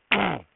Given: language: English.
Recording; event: throat vibration sensor signal played as sound; throat clearing